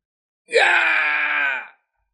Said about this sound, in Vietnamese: Một tiếng hét thảm khác được truyền đến, một vị cường giả thần tộc khác cũng khó tránh được tai nạn, trực tiếp bị bắn chết, hóa thành một chuỗi máu dài, như mưa to trút xuống phía dưới.